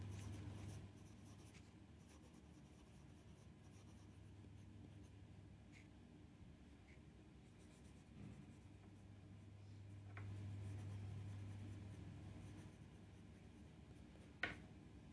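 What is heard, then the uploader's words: Scribbling and page turning, with a soft, steady scratch of writing running through most of the 15 seconds over a low, constant hum. Small ticks and brushes appear every few seconds, and a sharp papery snap stands out near the 14-second mark. 45 minutes study session (with pencil ASMR and NO music). This is a 45 minutes study session with scribbling and page turning ASMR.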